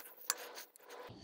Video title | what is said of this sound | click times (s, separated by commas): Big Guy Tested, Big Guy Approved: Sidekick Fat PRO 2.0 Ebike Review | latch on safety handlebars up lock into place safety | 0.3 s